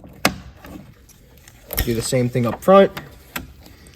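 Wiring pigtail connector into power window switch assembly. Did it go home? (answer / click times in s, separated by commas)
yes / 0.2 s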